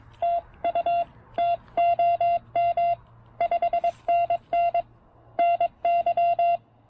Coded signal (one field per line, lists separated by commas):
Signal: Morse code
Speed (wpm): 18 wpm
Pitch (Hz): 700 Hz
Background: none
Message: TU TOM 5NN NY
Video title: POTA QRP DX with the Penntek TR-45L and PackTenna Mini End-Fed Half-Wave!